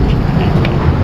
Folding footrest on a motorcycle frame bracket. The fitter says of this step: Pero dadaan-daanin nyo lang, tapos pag nag-click na, ayan na.